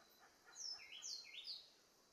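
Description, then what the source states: Bird call of three quick high notes within about a second, over faint background hiss. Papua New Guinea.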